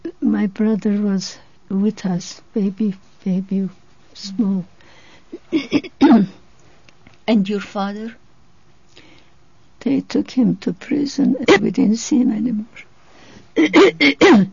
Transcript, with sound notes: My brother was with us. Baby, baby, small. (she clears her throat)
And your father?
They took him to prison and we didn't see him anymore.